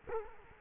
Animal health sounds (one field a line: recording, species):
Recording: mosquito wingbeat signal from an infrared sensor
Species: Culex quinquefasciatus